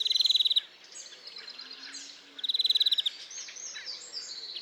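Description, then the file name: European greenfinch giving two brief high rattling trills about two seconds apart, with soft twittering and a steady background hiss. "Chloris chloris"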